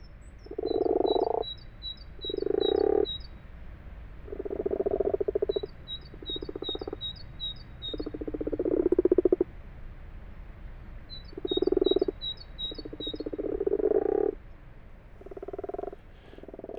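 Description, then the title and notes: Common frogs croaking in repeated low purring bursts, with a high, thin repeated sound in short series three times in the background. Common frogs calling in full daylight, 12:45, 21 February 2020, abandoned water-filled wash house in a field, Fourcinet, Drôme, France; calling lasts a few days yearly, over two weeks early this year; Nagra LB, binaural. "Fourcinet - Drôme. les Grenouilles rousses (Rana temporia)"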